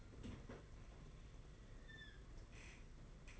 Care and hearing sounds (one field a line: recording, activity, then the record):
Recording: daily activity, microphone in the room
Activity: open fridge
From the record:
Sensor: 4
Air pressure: 992.6 hPa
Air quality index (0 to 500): 167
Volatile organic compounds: 232 ppm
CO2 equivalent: 4311 ppm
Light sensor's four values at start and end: 19/66/24/25 and 19/66/24/25